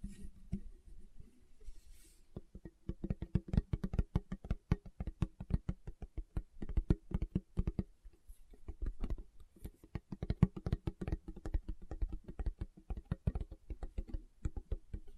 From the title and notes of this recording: ASMR Tapping with Fingertips (No Talking).